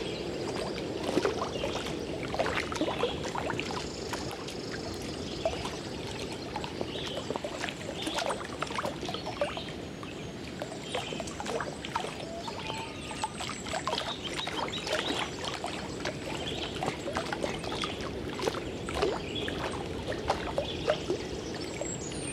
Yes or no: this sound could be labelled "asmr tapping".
no